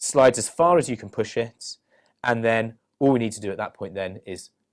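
A sequencing flow cell, already slid under the clip, is being handled as it is about to be pushed down into the plastic flow cell adapter on the sequencer. Someone talks throughout. Nothing has seated or clicked yet.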